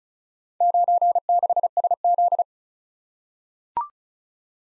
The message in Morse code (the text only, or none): 96SZ